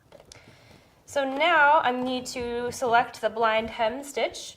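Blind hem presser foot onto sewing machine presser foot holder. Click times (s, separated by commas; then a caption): 0.3 s. A blind hem presser foot is slid under the presser foot holder of a SINGER PROFESSIONAL 9100 sewing machine, and the holder is gently lowered until the foot snaps onto the pin. A faint tick is followed by a sharp click at 0.3 s as the foot seats, and then someone talks.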